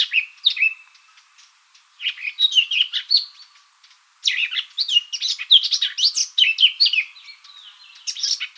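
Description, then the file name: Eurasian blackcap song: rich, fast warbling phrases of varied chattering and fluty notes, in three bursts separated by short pauses, the last one long and loud. "Sylvia atricapilla"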